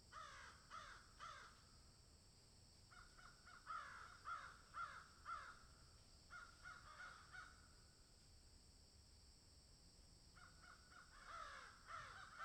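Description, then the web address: Crows cawing in short rapid series separated by pauses of a second or two, with a steady high hiss in the background. Crows cawing in a field. "Debarup Travel Films - Crows Caw in Field"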